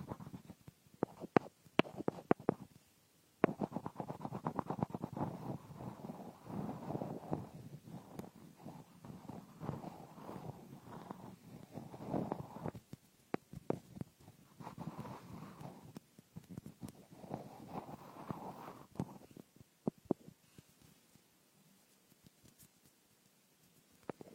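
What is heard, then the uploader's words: Crackly ear picking with dense gritty scraping and bursts of muffled rumbling, punctuated by sharp clicks and a few quieter pauses. Frosted Bath Ball Ear Picking Experience.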